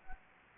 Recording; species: mosquito wingbeat signal from an infrared sensor; Anopheles gambiae